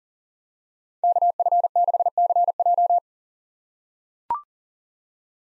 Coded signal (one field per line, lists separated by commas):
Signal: Morse code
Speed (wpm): 40 wpm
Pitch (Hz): 700 Hz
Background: none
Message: KF6CJ